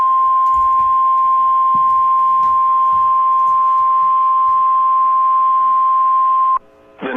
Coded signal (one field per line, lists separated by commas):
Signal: Emergency Alert System (SAME) tones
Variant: 1050 Hz attention tone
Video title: EAS Alert #191: PDS Tornado Warning for Cole, OK (Apr 19, 2023)